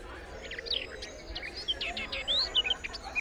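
Birds chirping: many quick high twittering notes and short whistles overlapping throughout, with a low steady background rumble.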